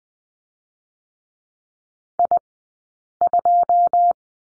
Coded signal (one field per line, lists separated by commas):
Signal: Morse code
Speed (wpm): 20 wpm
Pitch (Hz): 700 Hz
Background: none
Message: I2